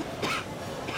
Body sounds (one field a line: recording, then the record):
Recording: coughing mixed with background sound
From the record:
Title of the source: 64 coughing, allergies, singing lungs